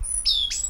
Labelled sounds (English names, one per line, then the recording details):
Stitchbird song
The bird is a male
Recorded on Tiritiri Matangi Island, New Zealand, in 2005
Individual 12, of nest box 16